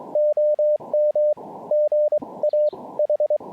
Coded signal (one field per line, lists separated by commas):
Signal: Morse code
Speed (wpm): 23 wpm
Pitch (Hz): 600 Hz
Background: none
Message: OM GA H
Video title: QRP Band Hopping: Two-fer POTA at Parc national des Grands-Jardins